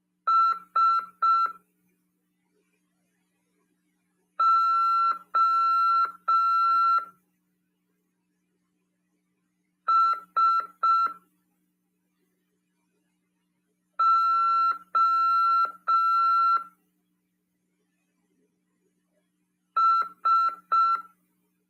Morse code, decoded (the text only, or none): SOSOS